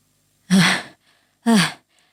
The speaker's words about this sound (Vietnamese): Ly thở hồng hộc, trên mặt đã vã hết cả mồ hôi.